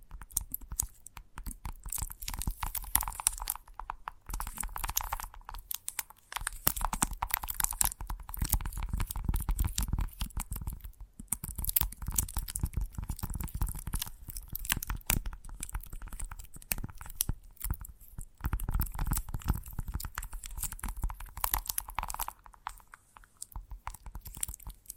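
Gentle ASMR tapping in a rapid, dense stream of crisp little clicks and crunchy taps that barely let up. The pattern thins out briefly now and then, around 4, 11 and 18 seconds, before the busy, fairly even tapping carries on to the end.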